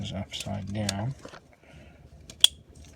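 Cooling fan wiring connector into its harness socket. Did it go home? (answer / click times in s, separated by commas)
yes / 2.4 s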